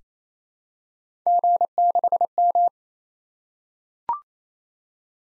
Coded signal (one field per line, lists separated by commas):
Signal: Morse code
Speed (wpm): 29 wpm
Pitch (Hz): 700 Hz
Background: none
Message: G6M